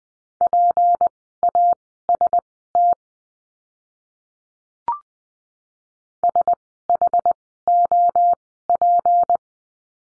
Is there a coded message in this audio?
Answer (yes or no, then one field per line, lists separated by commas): yes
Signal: Morse code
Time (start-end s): 0.4-9.4 s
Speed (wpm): 20 wpm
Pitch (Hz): 700 Hz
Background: none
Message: PAST SHOP